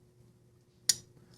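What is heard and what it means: The blade of a Tuya Knives Wrath folding knife, a Dave Warren design, is worked so the detent ball in the steel liner engages the blade. A single crisp, bright click lands at 0.9 s over a low steady hum, followed by faint small ticks near the end. The detent seats cleanly with a nice click and no detent lash.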